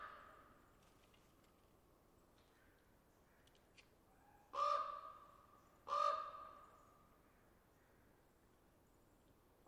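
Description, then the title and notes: Raven calls: two loud, drawn-out calls a little over a second apart, with quiet background around them. Saturday evening; ravens calling back and forth as a conversation. "Raven Typical. Just your typical Saturday-evening raven conversation"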